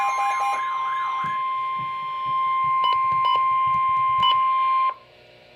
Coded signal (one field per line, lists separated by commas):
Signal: Emergency Alert System (SAME) tones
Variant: 1050 Hz attention tone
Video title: Severe Thunderstorm Warning - EAS #614